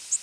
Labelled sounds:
Worm-eating Warbler flight call

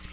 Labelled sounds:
Black-throated Blue Warbler flight call

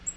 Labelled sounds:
Black-throated Green Warbler flight call

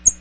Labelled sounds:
American Redstart flight call

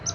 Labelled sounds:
Palm Warbler flight call

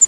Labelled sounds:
Pine Warbler flight call

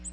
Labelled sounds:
Ovenbird flight call

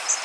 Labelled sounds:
Blackburnian Warbler flight call

